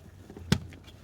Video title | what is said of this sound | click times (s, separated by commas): 2000-2007 chevy silverado knock sensor replacement 5.3L 4.8L | you hear it clip so remember it's behind this little bracket that's right here | 0.5 s